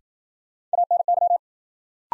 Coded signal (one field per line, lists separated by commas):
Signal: Morse code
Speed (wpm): 53 wpm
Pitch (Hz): 700 Hz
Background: none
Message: ANY